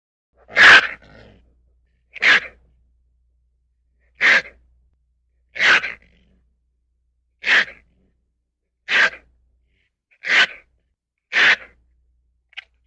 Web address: raccoon